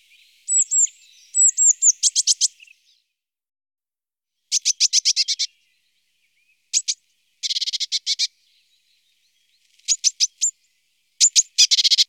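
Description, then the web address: Eurasian blue tit giving high, thin calls: a few slurred whistles, then rapid dry ticking bursts and short buzzy clusters in irregular groups. "IVN Zangvogels. Pimpelmees"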